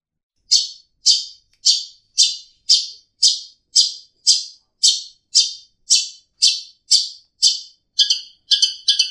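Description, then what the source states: Long-tailed shrike harsh song: rasping, buzzy notes repeated about twice a second, shifting at the end to faster, clipped notes with a lower tonal element. Master song recording used for training songbirds; Indonesian name cendet.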